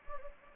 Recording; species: mosquito wingbeat signal from an infrared sensor; Anopheles gambiae